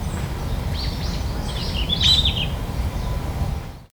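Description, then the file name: Red-flanked bluetail singing one short bright warbled phrase after a few thin slurred notes, with a continuous low rushing background noise. "ruribitaki"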